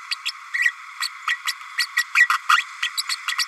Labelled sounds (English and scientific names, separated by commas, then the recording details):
Green-rumped Parrotlet (Forpus passerinus) babbling
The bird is a female
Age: 32 days
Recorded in a nest box in Venezuela
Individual 17B32A5